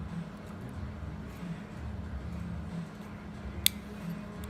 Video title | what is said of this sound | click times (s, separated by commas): Buckmark Complete Disassembly and Reassembly | Okay, there's that in. Yep, so that's snapped in, and this is snapped in. | 3.7 s